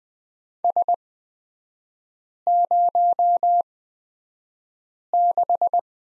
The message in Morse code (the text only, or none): S06